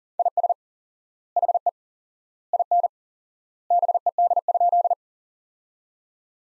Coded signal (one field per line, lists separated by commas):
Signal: Morse code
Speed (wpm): 40 wpm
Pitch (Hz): 700 Hz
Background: none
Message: IS HE IN BED?